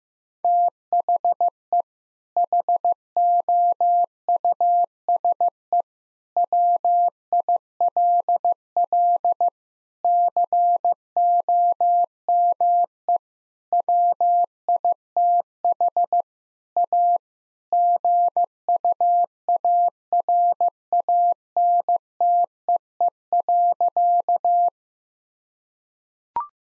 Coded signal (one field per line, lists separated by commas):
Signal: Morse code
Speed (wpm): 15 wpm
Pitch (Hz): 700 Hz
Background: none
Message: THE HOUSE WILL COME WITH A GUARANTEE.